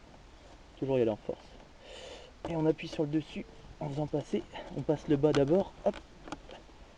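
Someone talks while the plastic trim insert of a retrofitted centre armrest in a BMW 1 Series is pressed in by force, bottom edge first, then pushed on top. A few short ticks are heard near the end as the part is worked into place. Nothing has seated or clicked yet.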